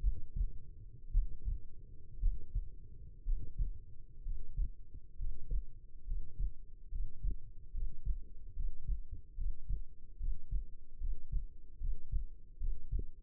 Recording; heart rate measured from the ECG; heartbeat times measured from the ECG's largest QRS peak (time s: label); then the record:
heart sounds by stethoscope; 67 bpm
0.01 s: heartbeat
1.12 s: heartbeat
2.20 s: heartbeat
3.25 s: heartbeat
4.24 s: heartbeat
5.17 s: heartbeat
6.06 s: heartbeat
6.90 s: heartbeat
7.72 s: heartbeat
8.55 s: heartbeat
9.36 s: heartbeat
10.18 s: heartbeat
10.99 s: heartbeat
11.79 s: heartbeat
12.59 s: heartbeat
From the record:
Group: healthy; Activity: breath hold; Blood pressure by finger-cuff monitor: 102/63 mmHg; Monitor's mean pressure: 73 mmHg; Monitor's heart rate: 68 bpm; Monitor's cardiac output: 5.9 L/min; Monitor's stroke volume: 81 mL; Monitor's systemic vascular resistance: 830 dyn s/cm5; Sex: female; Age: 22 years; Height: 171 cm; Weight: 65.6 kg